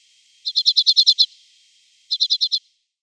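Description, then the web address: Common Redpoll calls: a rapid, dry chattering burst of about eight notes, a pause, then a shorter run of five similar notes. "Schulze Peter Common Redpoll calls"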